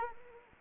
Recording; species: mosquito wingbeat signal from an infrared sensor; Anopheles arabiensis